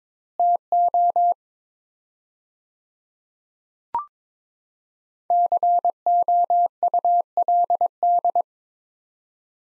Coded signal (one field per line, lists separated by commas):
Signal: Morse code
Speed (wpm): 22 wpm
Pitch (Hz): 700 Hz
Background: none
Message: TO COULD